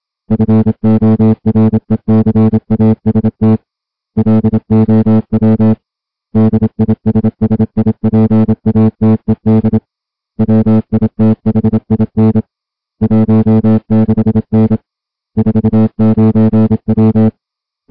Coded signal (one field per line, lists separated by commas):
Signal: Morse code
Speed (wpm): 27 wpm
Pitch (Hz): 220 Hz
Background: music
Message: FORECAST LOW DISSIPATED WITHIN 16N 49W